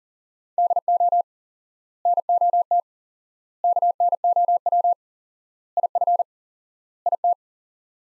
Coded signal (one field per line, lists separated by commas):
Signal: Morse code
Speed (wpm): 40 wpm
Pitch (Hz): 700 Hz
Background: none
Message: DO NOT KNOW IF IT